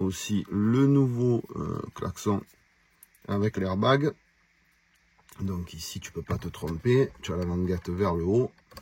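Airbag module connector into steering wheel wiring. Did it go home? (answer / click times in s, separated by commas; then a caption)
no / none. Someone talks while handling the airbag and horn module connector to plug it into the wiring of a new LED carbon steering wheel on a BMW 140i, with the tab facing up. Faint handling noises sit between the speech, and a short soft tick comes near the end. The clip ends before the connector goes home, so nothing has seated or clicked yet.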